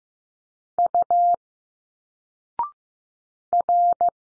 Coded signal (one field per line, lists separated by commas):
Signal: Morse code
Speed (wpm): 15 wpm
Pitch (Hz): 700 Hz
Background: none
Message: U R